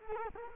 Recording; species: mosquito wingbeat signal from an infrared sensor; Culex quinquefasciatus